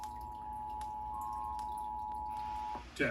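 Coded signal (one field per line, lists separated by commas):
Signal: Emergency Alert System (SAME) tones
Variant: 853 and 960 Hz attention tone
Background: speech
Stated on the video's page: Pennsylvania Required Monthly Test relayed on TV station WDPN-TV.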